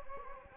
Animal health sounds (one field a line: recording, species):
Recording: mosquito wingbeat signal from an infrared sensor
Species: Anopheles gambiae